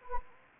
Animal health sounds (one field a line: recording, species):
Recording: mosquito wingbeat signal from an infrared sensor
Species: Anopheles gambiae